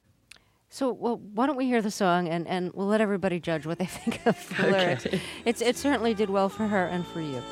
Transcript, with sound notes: So - well, why don't we hear the song, and we'll let everybody judge what they think of the lyrics? (Laughter).
OK (laughter).
It certainly did well for her and for you.